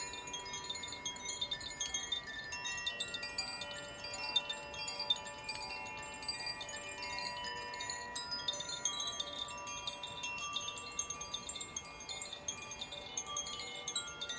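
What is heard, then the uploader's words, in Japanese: Chimes ring continuously outdoors in nature, their bright overlapping tones shimmering and lingering densely throughout, with soft quiet rustle beneath. 鷲沢風穴 #コシチャイム #ザフィアチャイム。鷲沢風穴で、自然の中にチャイムを奏でました。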